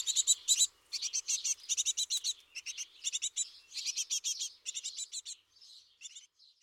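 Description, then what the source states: Tit nestlings begging: dense bursts of high, hissing, rapidly repeated chirps, growing quieter toward the end. Baby tits in a nest box, heard in the morning.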